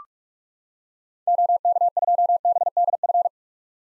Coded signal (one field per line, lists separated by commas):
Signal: Morse code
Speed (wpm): 42 wpm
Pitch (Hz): 700 Hz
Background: none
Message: OK2BDF